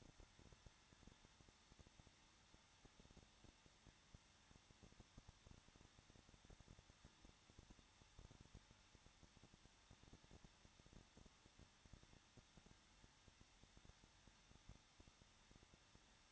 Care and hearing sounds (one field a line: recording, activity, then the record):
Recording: daily activity, microphone in the room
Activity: no activity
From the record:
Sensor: 3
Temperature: 21.2 degrees Celsius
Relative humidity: 36.3%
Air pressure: 1006.3 hPa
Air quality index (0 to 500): 222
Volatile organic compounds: 41 ppm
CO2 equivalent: 3171 ppm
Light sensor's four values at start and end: 2/3/2/2 and 2/3/2/2